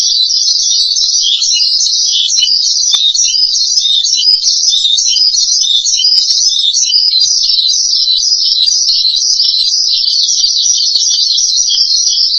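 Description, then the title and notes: Starling song, a dense ongoing warble of rapid high chirps and trills, flowing without a break from start to finish. "suara burung jalak"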